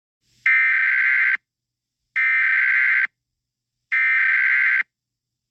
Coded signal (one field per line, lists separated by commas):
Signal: Emergency Alert System (SAME) tones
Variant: header bursts